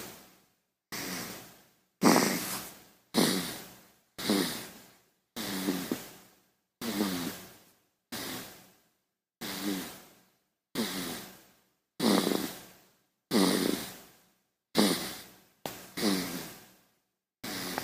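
Baby snoring: about fourteen short, rough, fading breath noises with a fluttering, snorting quality, repeating at roughly 48 a minute, each followed by a silent gap.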